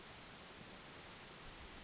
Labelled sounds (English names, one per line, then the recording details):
California Towhee
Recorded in Sonoma County, California